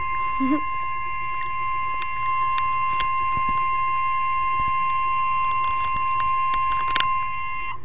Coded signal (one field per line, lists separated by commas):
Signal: Emergency Alert System (SAME) tones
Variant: 1050 Hz attention tone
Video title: Severe Thunderstorm Warning (EAS #8)